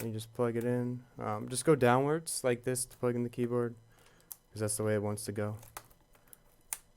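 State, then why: Seated. A removable keyboard is plugged in and pressed down into an HP laptop's top case so its plastic clips snap into place. Someone talks, then sharp clicks are heard at about 6.3 s and 6.7 s. The keyboard seats into the top case.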